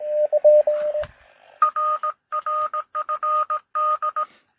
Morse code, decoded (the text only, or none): RRFD